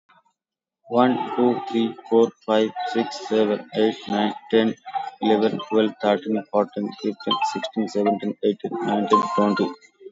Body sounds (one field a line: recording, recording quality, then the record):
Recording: counting at a normal pace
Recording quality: excellent, no background noise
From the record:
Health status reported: COVID-19 positive, mild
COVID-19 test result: positive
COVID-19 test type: RT-PCR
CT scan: taken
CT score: 16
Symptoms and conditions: cough, cold, fatigue, diabetes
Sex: male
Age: 43 years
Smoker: no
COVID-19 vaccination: both doses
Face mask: not worn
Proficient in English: yes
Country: India